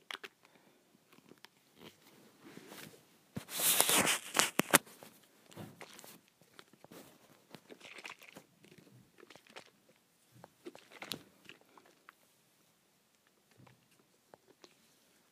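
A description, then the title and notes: A hair spray bottle is handled, with a loud rattling, hissy burst of shaking around three to five seconds. The rest is sparse clicks, taps and short scraping sounds at irregular intervals, with a sharper knock near eleven seconds and quiet gaps between. ASMR Shaking Hair Spray Bottle.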